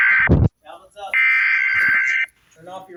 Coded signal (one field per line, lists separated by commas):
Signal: Emergency Alert System (SAME) tones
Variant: header bursts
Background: speech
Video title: eas alert